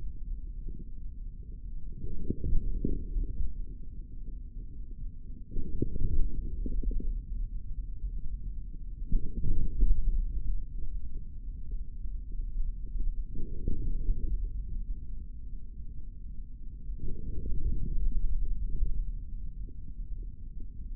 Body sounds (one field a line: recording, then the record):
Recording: forearm muscle sounds (acoustic myography)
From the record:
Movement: forearm pronation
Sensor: system 3, bracelet of six PUI Audio POM-2738L microphones around the upper forearm, with dedicated amplification and filtering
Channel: 6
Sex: male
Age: 23 years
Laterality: right